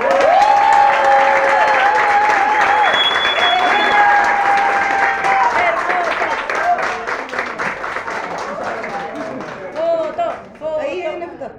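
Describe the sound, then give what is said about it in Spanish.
An audience bursts into sustained, dense applause for the payadoras at a payadoras gathering, with scattered whistles and cheers, holding steady for several seconds before thinning out into a few remaining claps and murmurs. “Quiero darle también un aplauso muy cariñoso a todas las falladoras.”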